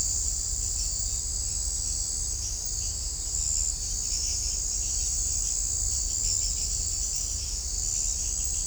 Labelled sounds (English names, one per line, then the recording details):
none
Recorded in shrubland near Pivijay, Magdalena, Colombia, on 3 June 2023 at 03:00
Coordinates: 10.453, -74.365
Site P5-G022